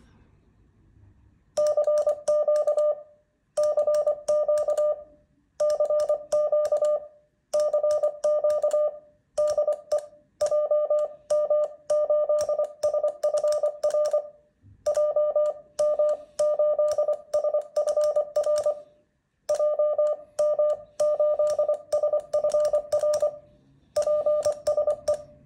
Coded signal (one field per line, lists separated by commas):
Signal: Morse code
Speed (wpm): 24 wpm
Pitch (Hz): 600 Hz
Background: none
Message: CQ CQ CQ CQ DE JM8SFR JM8SFR JM8SFR PSE